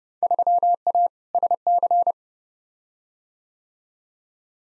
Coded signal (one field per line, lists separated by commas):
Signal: Morse code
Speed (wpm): 29 wpm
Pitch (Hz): 700 Hz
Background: none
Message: 3A SC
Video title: Field Day Exchange v2 - 30wpm